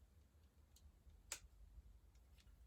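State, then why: Seated. The second plastic tailpipe piece is clipped onto its clip brick on the back of a Lego 007 Aston Martin DB5 car model (set 76911). A sharp, bright snap at 1.3 s shows it seating, with a few faint ticks before and after over a low rumble.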